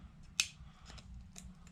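A metal U-joint retaining clip is pressed into the front driveshaft yoke of a 2004 Toyota Sequoia during a transmission leak repair, after it had not been snapping in as it usually does. A sharp metallic click at 0.4 s marks the clip snapping into the yoke and seating, followed by fainter clicks near 1.4 s and 1.7 s over a low background rumble.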